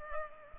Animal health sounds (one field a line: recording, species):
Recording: mosquito wingbeat signal from an infrared sensor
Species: Culex pipiens